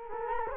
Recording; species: mosquito wingbeat signal from an infrared sensor; Culex quinquefasciatus